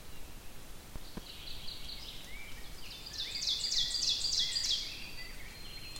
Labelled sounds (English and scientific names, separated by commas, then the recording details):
Ovenbird (Seiurus aurocapilla) song
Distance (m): 40 m
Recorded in boreal forest in Alberta, Canada, on 5 June 2016 at 05:53
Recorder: SongMeter 3, array SBT-3-51
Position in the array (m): 222 m, 16 m
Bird 27